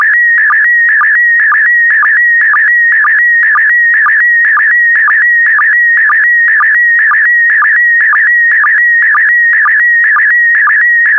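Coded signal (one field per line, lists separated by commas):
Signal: SSTV (slow-scan television)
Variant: PD120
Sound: steady warbling whistle around 1.9 kHz, ticking low blip about twice a second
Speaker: Five, four, three, two, one. Thank you. Transmission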